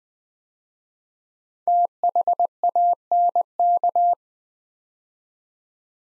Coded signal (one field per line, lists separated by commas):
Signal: Morse code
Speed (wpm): 20 wpm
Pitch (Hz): 700 Hz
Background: none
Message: THANK